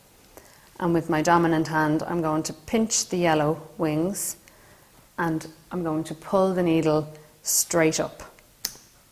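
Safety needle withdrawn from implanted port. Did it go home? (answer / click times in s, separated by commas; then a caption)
released / 8.7 s. Someone talks while a nurse holds down the clear butterfly wings, pinches the yellow wings of a safety port (Huber) needle, and pulls it straight up out of an implanted port. A sharp click from the plastic safety mechanism sounds at 8.7 s, and the needle is released and removed from the port.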